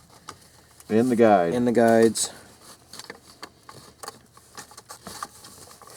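A plastic shifter handle cover is slid back onto the shift lever of a 1998 Dodge Ram 1500, with the dust shield lined up in its guides, while someone talks. After the talking, a series of short, light clicks and taps is heard as the parts are handled. Nothing has snapped in yet, because the cover has not been pressed home.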